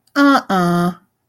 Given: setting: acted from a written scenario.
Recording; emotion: vocal sound without words; disappointment